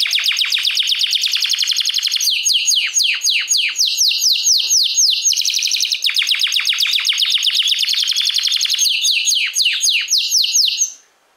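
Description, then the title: Domestic canary singing a loud continuous run of rapid, sharply descending high notes, the pace shifting in several stretches, ending abruptly. Portuguese canary breed. "Kenari Portugis"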